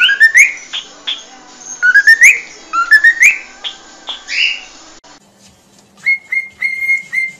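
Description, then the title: Cockatiel whistled song: quick rising slurred notes and sharp chirps in repeated phrases, ending with a run of steady level whistles. Song for training cockatiels. "Canto Para Treinar Calopsita"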